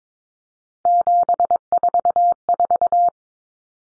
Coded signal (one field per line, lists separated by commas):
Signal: Morse code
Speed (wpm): 22 wpm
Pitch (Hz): 700 Hz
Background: none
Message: 744